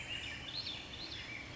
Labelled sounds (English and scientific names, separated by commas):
Swainson's Thrush (Catharus ustulatus)